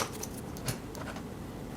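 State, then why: Not seated. A plastic retaining clip is being handled into place on the jog wheel encoder support of a DaVinci Resolve Speed Editor editing keyboard, after the bearings were replaced to fix a loose, noisy jog wheel. Only faint, light ticking and handling sounds are heard, with a slightly stronger tap at about 0.7 seconds. Nothing has seated or clicked yet.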